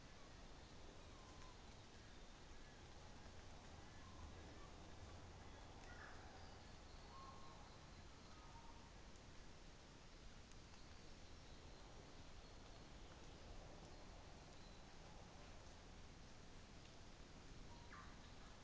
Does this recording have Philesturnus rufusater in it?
no